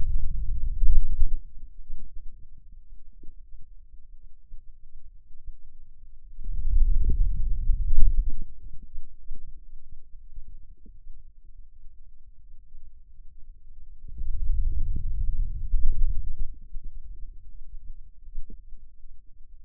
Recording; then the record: forearm muscle sounds (acoustic myography)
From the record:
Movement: wrist extension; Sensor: system 2, bracelet of six BSWA MPA416 microphones around the upper forearm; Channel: 3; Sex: male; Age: 22 years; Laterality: right